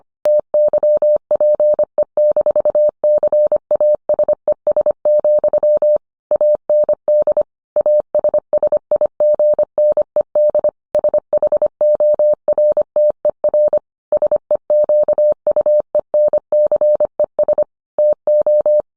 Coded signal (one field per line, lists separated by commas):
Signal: Morse code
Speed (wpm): 25 wpm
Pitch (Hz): 600 Hz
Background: none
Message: TYPE-CASES, AND ASSIGNED SHORTER SEQUENCES TO